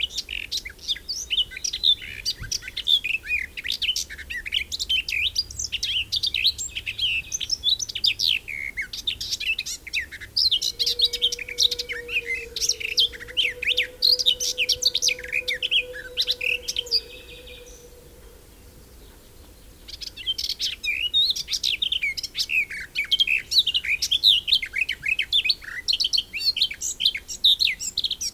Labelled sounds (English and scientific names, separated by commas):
Garden Warbler (Sylvia borin) song